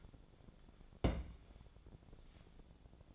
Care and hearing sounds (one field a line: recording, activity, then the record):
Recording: daily activity, microphone in the room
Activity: place on stove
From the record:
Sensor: 5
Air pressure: 1000.0 hPa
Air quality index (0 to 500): 93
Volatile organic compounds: 1 ppm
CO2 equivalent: 759 ppm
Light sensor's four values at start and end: 361/856/370/415 and 361/852/370/416